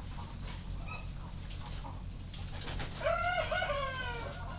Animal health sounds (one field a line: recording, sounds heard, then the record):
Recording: poultry house recording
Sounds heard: sick chickens (respiratory disease)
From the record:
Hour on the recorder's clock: 0